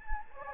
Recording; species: mosquito wingbeat signal from an infrared sensor; Anopheles gambiae